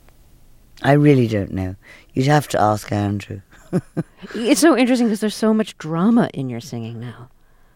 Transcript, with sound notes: I really don't know. You'd have to ask Andrew (laughs).
It's so interesting because there's so much drama in your singing now.